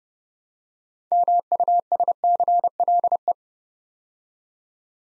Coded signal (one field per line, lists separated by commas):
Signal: Morse code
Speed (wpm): 28 wpm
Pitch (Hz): 700 Hz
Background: none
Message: MUSCLE